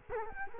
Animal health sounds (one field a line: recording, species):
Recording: mosquito wingbeat signal from an infrared sensor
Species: Culex quinquefasciatus